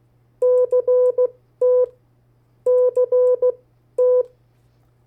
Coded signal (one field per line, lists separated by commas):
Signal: Morse code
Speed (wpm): 16 wpm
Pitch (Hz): 500 Hz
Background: none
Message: CT CT